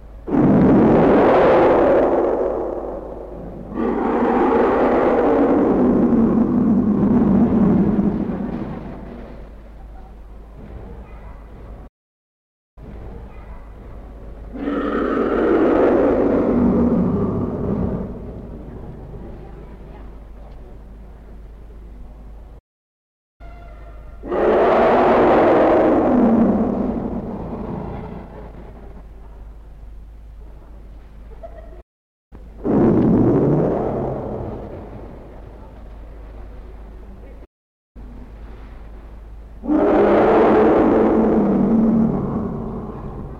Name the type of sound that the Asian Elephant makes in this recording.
call